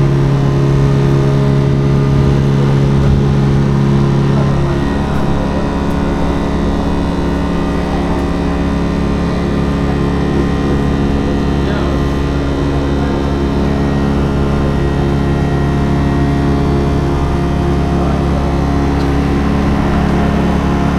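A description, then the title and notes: Aboard a ferry, a deep, steady engine drone fills the whole recording, with a low hum that shifts slightly after about five seconds. Faint voices and small clatters come and go over the rumble, which stays loud and constant throughout. Ferry.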